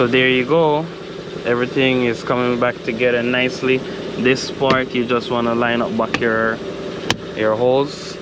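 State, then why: Not seated. Someone talks while lining up the holes of the plastic dashboard trim panel around the driver's outer AC vent on a Nissan Altima, handling it by hand to press it into the dashboard. The trim panel has not snapped into place yet; nothing has seated or clicked in this clip.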